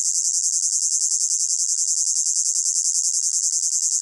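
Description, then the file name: Cicada buzz, a steady high-pitched rattle of fast, regular pulses without a break. Close-up; pulsating, high-pitched buzz. "gain walkers CICADA Close Up Pulsating Buzz High Pitched"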